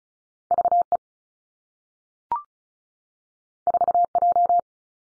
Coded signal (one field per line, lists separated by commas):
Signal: Morse code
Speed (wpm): 36 wpm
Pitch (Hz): 700 Hz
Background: none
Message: V E 4 J